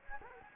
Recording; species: mosquito wingbeat signal from an infrared sensor; Anopheles gambiae